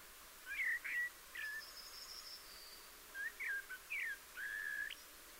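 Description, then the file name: Common blackbird song: two fluted, warbling whistled phrases, the first trailing into a thin high twitter, separated by a short pause. "Turdus merula"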